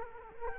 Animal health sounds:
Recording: mosquito wingbeat signal from an infrared sensor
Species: Culex quinquefasciatus

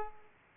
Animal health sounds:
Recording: mosquito wingbeat signal from an infrared sensor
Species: Aedes aegypti

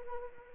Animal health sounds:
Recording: mosquito wingbeat signal from an infrared sensor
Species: Anopheles arabiensis

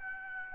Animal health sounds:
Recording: mosquito wingbeat signal from an infrared sensor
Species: Aedes aegypti

